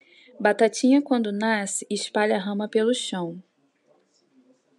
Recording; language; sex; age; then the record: short text; Brazilian Portuguese; female; 30 to 39 years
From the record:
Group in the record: control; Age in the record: 36 years